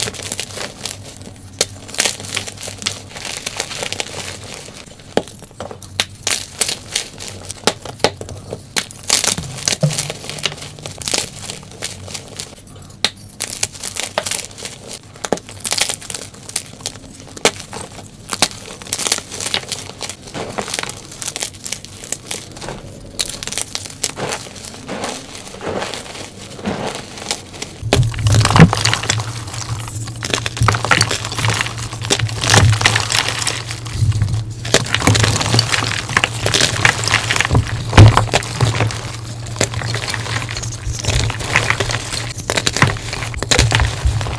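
Crushing and crumpling sounds, dense crackling and crinkling with sharp bursts scattered throughout. Around 28 seconds the activity grows louder and busier, and a steady low hum joins beneath the crunching and continues to the end.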